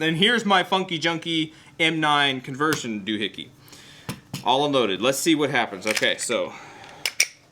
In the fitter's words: OEM should work nice positive click